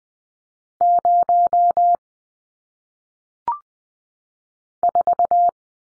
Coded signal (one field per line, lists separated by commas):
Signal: Morse code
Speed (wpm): 20 wpm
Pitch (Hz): 700 Hz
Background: none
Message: 0 4